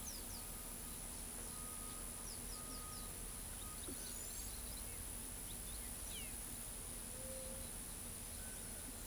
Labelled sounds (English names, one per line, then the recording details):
Carib Grackle
Palm Tanager
White-tipped Dove
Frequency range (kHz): Carib Grackle 3.2-7.2 kHz; Palm Tanager 5.7-8.0 kHz; White-tipped Dove 0.4-0.8 kHz
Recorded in pastures near Pivijay, Magdalena, Colombia, on 4 June 2023 at 12:30
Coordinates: 10.456, -74.369
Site P6-G026